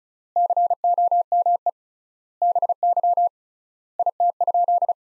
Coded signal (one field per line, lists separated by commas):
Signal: Morse code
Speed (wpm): 36 wpm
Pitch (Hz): 700 Hz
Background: none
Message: COME BY IT?